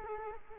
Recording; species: mosquito wingbeat signal from an infrared sensor; Culex quinquefasciatus